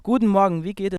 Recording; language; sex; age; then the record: spoken sentence; German; male; 18 to 19 years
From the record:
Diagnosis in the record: healthy voice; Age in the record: 18 years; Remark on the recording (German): Beim "Guten Morgen"-Satz wurde die Aufnahme zu früh abgebrochen. Es wurde nur folgender Teil aufgenommen: "Guten Morgen, wie geht e-"